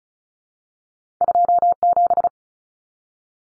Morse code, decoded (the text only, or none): 27